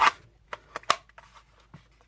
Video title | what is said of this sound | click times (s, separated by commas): Glock 44 First Shots & Impressions! | Snaps right in. | 0.9 s